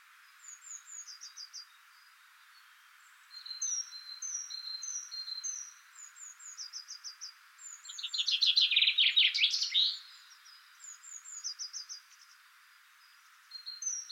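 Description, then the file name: Common chaffinch song bursts out midway as a loud trill with a flourish, amid repeated high, thin phrases. "Fringilla coelebs"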